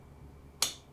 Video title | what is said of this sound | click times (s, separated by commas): Precision Machine Spindle Rebuilding - Part 3c Assembling a Levin Closed Style Headstock | so we've engaged it so it's locked okay and now we | 0.6 s